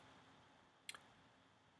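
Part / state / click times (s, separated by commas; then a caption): bed clamp or lever locking on a 3D printer bed / seated / 0.9 s. On a 3D printer bed, after the bed height is gauged with a sheet of paper, a bed clamp or lever is locked into place. A single sharp click at 0.9 s is followed by a softer second tick about 0.06 s later, over a quiet background with no talk. The part is now locked in place.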